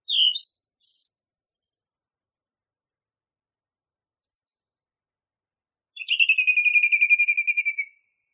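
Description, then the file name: Song thrush song: varied high phrases at the start, a long pause, then a fast run of repeated notes gently descending in pitch. Masteran recording made for training songbirds. "suara masteran songthrush"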